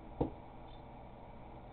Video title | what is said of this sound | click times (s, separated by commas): Glock Detailed Strip 4 of 4 | did you heard it click you | 0.2 s